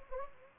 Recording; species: mosquito wingbeat signal from an infrared sensor; Anopheles gambiae